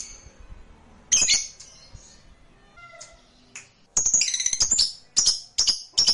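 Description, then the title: Lovebird chirping: a few isolated high squeaks, then a fast burst of shrill, scratchy chirps repeated several times a second. Meant to stimulate a lazy, non-singing lovebird to sing spontaneously. "LOVEBIRD Malas Bunyi JADI GREGET SPONTAN Langsung NARIK"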